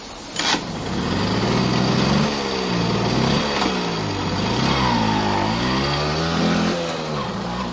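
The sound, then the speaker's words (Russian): An early motor carriage engine, the 1.5-horsepower, 600 rpm engine Daimler and Maybach fitted to a four-wheeled carriage, runs steadily as it drives through city streets: a loud, buzzing drone whose pitch rises and dips several times as it revs, with a brief sharp burst near the start and no talking. “Для поездки Даймлер и Майбах, однако, впрягли не лошадь, как обычно, а установили в карету свой двигатель мощностью 1,5 лошадиные силы с частотой 600 оборотов в минуту.”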